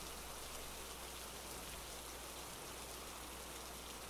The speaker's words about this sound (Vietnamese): Có một hôm trời mưa giông tầm tã, sấm sét đầy trời.